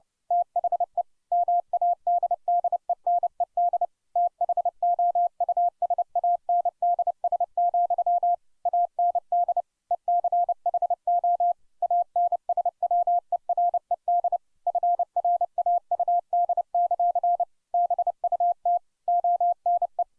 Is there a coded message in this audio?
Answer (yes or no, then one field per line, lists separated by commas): yes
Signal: Morse code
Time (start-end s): 0.3-20.0 s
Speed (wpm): 30 wpm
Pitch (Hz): 700 Hz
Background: none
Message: THE MADDENED THOUSANDS, AND ECHO ANSWERED FRAUD; BUT ONE